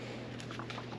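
A desk part's panel hardware is pulled up by hand toward its locked position over a steady low hum, with a few light handling knocks, the sharpest near 0.4 s and 0.7 s. Nothing has seated or snapped into place yet.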